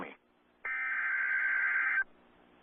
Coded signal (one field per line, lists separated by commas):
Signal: Emergency Alert System (SAME) tones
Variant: header bursts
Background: speech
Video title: EAS 216 - Severe Thunderstorm Warning (LIVE STREAM EAS)